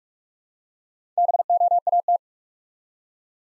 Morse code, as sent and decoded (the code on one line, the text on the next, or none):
-... --- .- -
BOAT